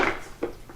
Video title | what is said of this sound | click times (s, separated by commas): Gear Review: F40C4TMP 20 Qt Cooler (like Yeti cooler, REI Cooler, Ozark Trails Cooler) | that's really nice it locks in place there between these little ridges | 0.4 s